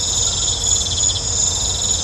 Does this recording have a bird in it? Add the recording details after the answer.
no. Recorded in pastures near Puerto Asís, Putumayo, Colombia, on 21 December 2024 at 19:30. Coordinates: 0.502, -76.324. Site G077